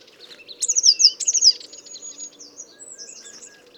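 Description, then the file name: Eurasian blue tit giving two quick high trilled phrases, mixed with other thin whistles and twitters that continue softly afterwards. "Cyanistes caeruleus"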